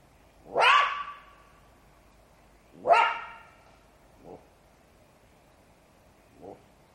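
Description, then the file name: Jackal producing two strong yelping cries with ringing tails, followed by two much softer, short yelps. "zvuki shakala"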